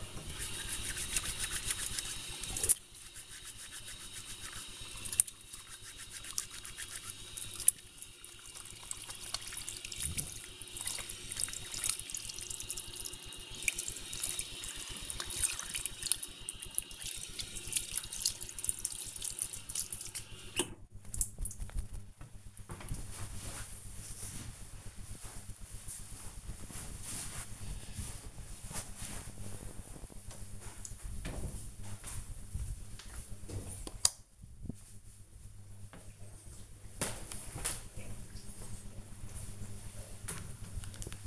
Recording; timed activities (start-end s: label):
household activities, microphone on the right wrist
0.00-21.45 s: washing hands
38.61-41.27 s: cleaning table